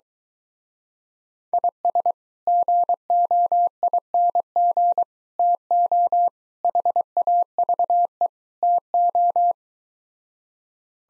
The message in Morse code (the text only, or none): IS GOING TO HAVE TO